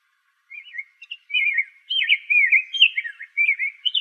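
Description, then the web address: Rose-breasted grosbeak singing a flowing warble of rich, liquid whistled notes after a brief pause, the phrases looping up and down and building in strength, nothing else audible. Recorded in Arizona. "Grosbeaks Buntings RBGR"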